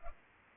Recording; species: mosquito wingbeat signal from an infrared sensor; Culex pipiens